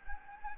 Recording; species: mosquito wingbeat signal from an infrared sensor; Anopheles gambiae